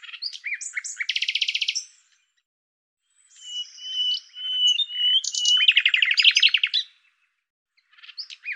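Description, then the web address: Bird song opening with chirps and a buzzy trill, then after silence a thin sustained whistle running into a dense, chattering burst of rapid notes, then a brief final phrase. "Deverinetal 2025"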